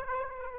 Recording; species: mosquito wingbeat signal from an infrared sensor; Aedes aegypti